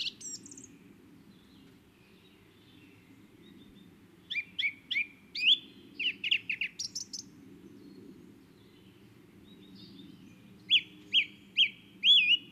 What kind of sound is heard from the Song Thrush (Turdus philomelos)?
song